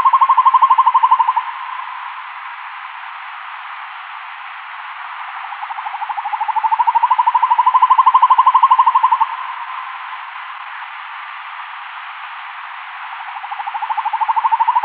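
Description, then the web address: Northern hawk-owl display call: a long, rapid, bubbling trill of hoots that swells louder and fades again several times. Male northern hawk-owl giving its display call. "Schulze Peter Hawk Owl"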